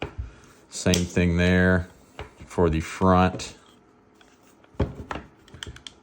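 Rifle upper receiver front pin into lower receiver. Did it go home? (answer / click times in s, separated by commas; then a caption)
yes / 5.6 s. While reassembling a SIG MCX Rattler LT after lubricating it, the metal upper receiver is pushed back so its front takedown pin or lug seats in the lower receiver. Someone talks for the first few seconds, then a series of sharp metallic clicks and handling taps sound between 4.8 and 5.9 s, with the front pin locking into place at 5.6 s.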